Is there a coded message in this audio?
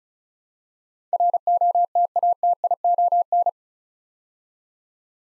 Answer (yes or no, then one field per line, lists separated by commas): yes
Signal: Morse code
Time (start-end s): 1.1-3.5 s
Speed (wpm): 36 wpm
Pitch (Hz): 700 Hz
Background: none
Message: ROTATION